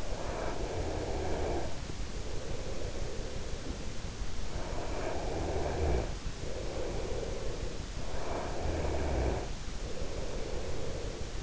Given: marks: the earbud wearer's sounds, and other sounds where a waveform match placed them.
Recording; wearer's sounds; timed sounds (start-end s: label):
sounds in sleep by an in-ear microphone; breath
0.00-3.89 s: breath
4.45-7.41 s: breath
7.85-11.43 s: breath